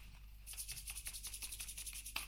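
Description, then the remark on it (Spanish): Palms rub briskly back and forth, a dry, hissing friction repeating in quick, even strokes for a couple of seconds, with no talking. “Vos frotás tus manos y aparecen cosas.”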